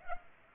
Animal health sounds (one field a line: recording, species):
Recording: mosquito wingbeat signal from an infrared sensor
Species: Culex pipiens